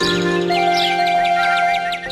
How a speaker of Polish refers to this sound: Ćwierkają wróbelki od samego rana. Ćwir, ćwir, znów sobota w Kauflandzie udana.